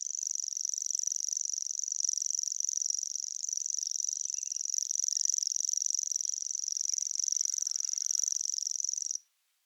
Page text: Голос птицы - Обыкновенный сверчок